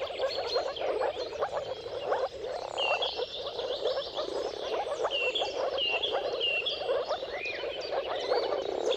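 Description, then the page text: Moor frog chorus of many overlapping muffled, gurgling calls forming a steady drone, with clear bird whistles higher up. Dawn chorus of many moor frogs giving mating calls at sunrise, at the turn of March and April, timing depending on the weather. "Jakub-Orzecki moor frogs. Dawn’s Chorus: Mating Calls of Marsh Frogs at Sunrise. Depending on the weather at the turn of March and April, you can witness an amazing spectacle of moor frogs"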